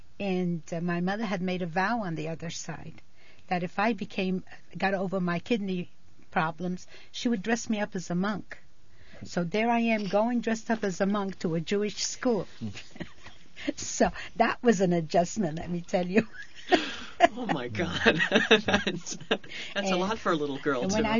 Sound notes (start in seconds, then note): 12.6 she laughs; 16.4 he laughs